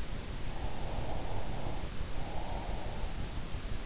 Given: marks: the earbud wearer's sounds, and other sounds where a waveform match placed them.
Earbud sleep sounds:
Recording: sounds in sleep by an in-ear microphone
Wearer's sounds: breath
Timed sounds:
0.23-3.46 s: breath

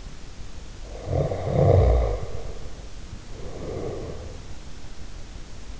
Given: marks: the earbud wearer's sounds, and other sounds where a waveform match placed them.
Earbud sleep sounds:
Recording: sounds in sleep by an in-ear microphone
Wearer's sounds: snoring breath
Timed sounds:
0.89-4.34 s: snoring breath

